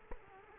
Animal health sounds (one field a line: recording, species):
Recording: mosquito wingbeat signal from an infrared sensor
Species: Culex quinquefasciatus